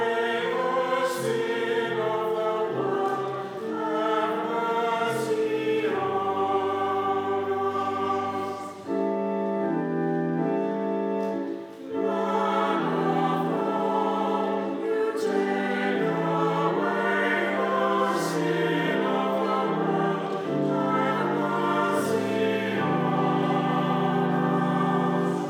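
A choir and congregation sing with organ, full sustained chords shifting every few seconds, steady and loud throughout, with a low pedal underneath.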